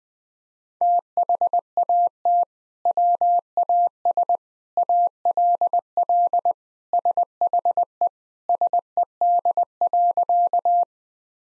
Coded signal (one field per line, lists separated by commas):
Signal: Morse code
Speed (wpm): 21 wpm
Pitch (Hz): 700 Hz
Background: none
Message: THAT WAS ALL SHE SED.